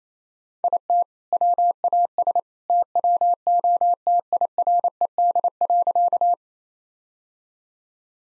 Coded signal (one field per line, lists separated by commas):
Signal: Morse code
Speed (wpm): 28 wpm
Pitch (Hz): 700 Hz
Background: none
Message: IT WAS TWO TIRED.